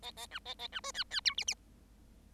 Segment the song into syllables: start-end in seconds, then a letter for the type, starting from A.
0.02-0.11 A, 0.16-0.26 A, 0.31-0.39 B, 0.45-0.54 A, 0.59-0.67 A, 0.72-0.80 B, 0.83-0.92 C, 0.94-1.04 D, 1.10-1.21 D, 1.25-1.34 E, 1.37-1.45 F, 1.47-1.54 F